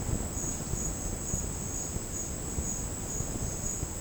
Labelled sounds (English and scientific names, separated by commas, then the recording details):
none
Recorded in secondary vegetation near Puerto Asís, Putumayo, Colombia, on 13 March 2025 at 11:30
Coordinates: 0.481, -76.318
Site G097